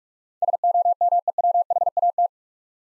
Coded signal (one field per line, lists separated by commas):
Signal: Morse code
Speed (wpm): 46 wpm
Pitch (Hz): 700 Hz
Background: none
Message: SOMEWHAT